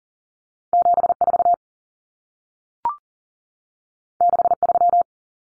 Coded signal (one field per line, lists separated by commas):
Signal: Morse code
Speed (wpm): 40 wpm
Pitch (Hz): 700 Hz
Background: none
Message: 74 63